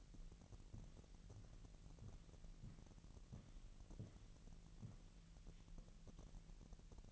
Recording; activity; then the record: daily activity, microphone in the room; walk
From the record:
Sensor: 4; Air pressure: 1002.9 hPa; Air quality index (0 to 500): 248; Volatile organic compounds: 27 ppm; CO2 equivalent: 2884 ppm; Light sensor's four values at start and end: 7/17/7/7 and 8/17/7/7